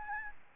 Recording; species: mosquito wingbeat signal from an infrared sensor; Aedes albopictus